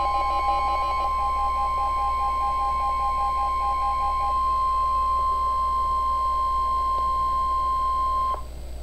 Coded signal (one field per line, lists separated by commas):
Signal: Emergency Alert System (SAME) tones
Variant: 1050 Hz attention tone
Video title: Real EAS #333 - Severe Thunderstorm Warning